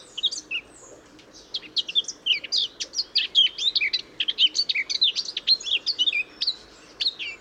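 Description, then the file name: Eurasian blackcap song: a continuous, hurried stream of sweet and scratchy high notes, jumbled and varied, running almost without a break. "Sylvia atricapilla"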